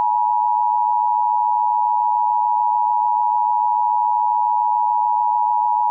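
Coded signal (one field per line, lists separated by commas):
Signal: Emergency Alert System (SAME) tones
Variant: 853 and 960 Hz attention tone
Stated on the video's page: Comedy remake, not a real alert.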